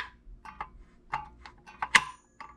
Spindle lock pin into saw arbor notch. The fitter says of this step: it is just locked into place